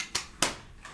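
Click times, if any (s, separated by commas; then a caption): 0.2 s, 0.4 s. A three-prong UK mains plug is pushed firmly into a wall socket, taking some effort. Sharp snaps are heard at 0.1 s and 0.4 s, followed by a fainter tap near 0.9 s, and the plug is seated securely in the socket.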